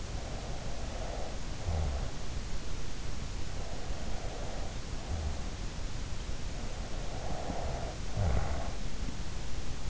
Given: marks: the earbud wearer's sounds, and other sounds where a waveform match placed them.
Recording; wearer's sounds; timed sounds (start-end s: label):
sounds in sleep by an in-ear microphone; snoring breath
0.00-2.38 s: snoring breath
3.42-5.65 s: snoring breath
7.12-8.85 s: snoring breath